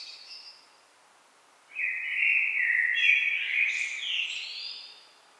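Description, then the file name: Common blackbird song: the tail of one phrase, a pause, then a single full phrase of low fluted warbling that rises into a higher twittering flourish. "Turdus merula"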